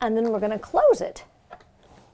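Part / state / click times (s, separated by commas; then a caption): dustbin holder closing into a wet-dry vacuum body / not seated / none. Someone talks while hooking the dustbin/filter holder of a Simwal SW01 wet-dry cordless vacuum onto its metal hinge pieces and swinging it closed toward the plastic vacuum body. After the talking, only faint handling ticks are heard. Nothing has snapped in or seated yet.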